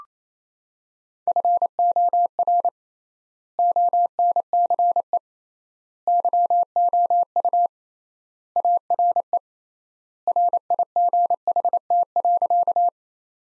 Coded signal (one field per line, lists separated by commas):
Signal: Morse code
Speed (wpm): 28 wpm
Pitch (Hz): 700 Hz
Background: none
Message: FOR ONCE YOU ARE RIGHT.